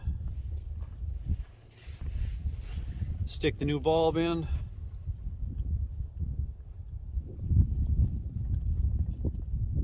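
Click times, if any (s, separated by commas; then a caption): none. A new brake/tail light bulb is handled and pushed toward its plastic tail light socket on a GMC Sierra / Chevy Silverado, Suburban or Tahoe truck while someone talks. Faint handling noises and a few small taps are heard under the voice and low background rumble. The clip ends before the bulb goes home, so nothing has seated or clicked yet.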